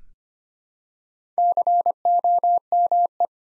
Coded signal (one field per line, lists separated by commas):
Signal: Morse code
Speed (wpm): 25 wpm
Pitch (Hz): 700 Hz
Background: none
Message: COME